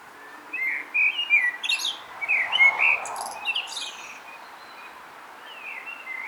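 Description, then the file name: Common blackbird song: several short mellow whistled phrases, each tipped with high scratchy twitters, fading into quieter song by the end. "Turdus merula"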